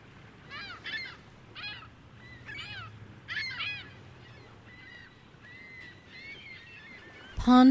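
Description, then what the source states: Gulls calling, clusters of harsh laughing yelps followed by long drawn mewing cries, ending in a loud bump. Several gulls on a busy beach on Lake Ontario.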